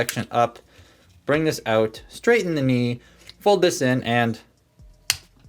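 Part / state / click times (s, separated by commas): plastic leg panel into the toy figure's leg / seated / 5.1 s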